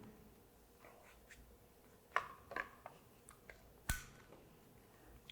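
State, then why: Seated. An NP-F style camera battery is slid onto the battery plate on the back of a Godox GM55 on-camera monitor until it locks. Sharp clicks are heard at 2.2 s and 3.9 s among a few softer sliding taps, and the battery ends up clicked in, seated and held in place.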